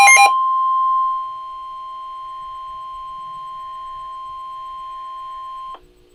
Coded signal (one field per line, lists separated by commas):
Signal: Emergency Alert System (SAME) tones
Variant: 1050 Hz attention tone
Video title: Severe Thunderstorm Warning [EAS 586] | NOAA Weather Radio (9/18/2012)